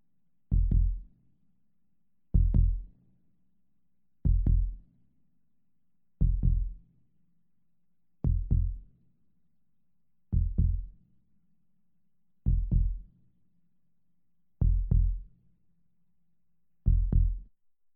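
A human heartbeat in a hospital setting: deep paired thumps, very slow at about 30 per minute, with the gaps between beats gradually lengthening as the heartbeat slows down.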